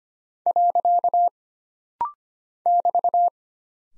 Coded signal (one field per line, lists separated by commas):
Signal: Morse code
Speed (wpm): 25 wpm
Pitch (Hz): 700 Hz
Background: none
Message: . <BT>